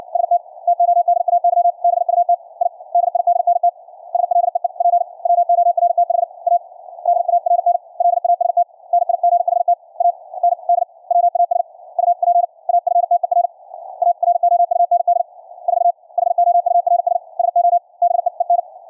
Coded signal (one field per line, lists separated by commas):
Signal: Morse code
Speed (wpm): 60 wpm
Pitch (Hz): 700 Hz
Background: radio noise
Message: ST TODAY BUT I DIDNT SLEEP WORTH A DARN LAST NIGHT AND WAS UP AFTER AROUND 4 HOURS SO BEEN